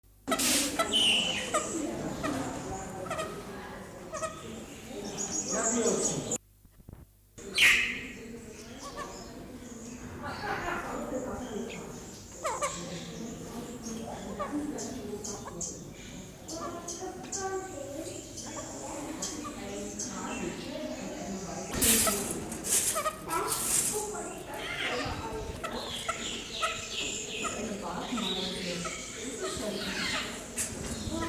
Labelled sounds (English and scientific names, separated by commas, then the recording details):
Peruvian Thick-knee (Burhinus superciliaris) call
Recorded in captivity
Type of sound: call
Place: Zoo Berlin, Berlin, DE
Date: 2004-12-30 14:20
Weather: cloudy, 2°C
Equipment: Sony WM-D6C, Sennheiser ME 80, Kopie Uher 4000 Report Monitor
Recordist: Tembrock, Günter
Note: Kurzlaute (zum Teil zweisilbig) vorn am Gitter (Pfleger im Gehege)